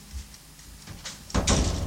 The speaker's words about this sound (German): Ach, die Tür ist ja immer noch auf. Ich mache sie zu.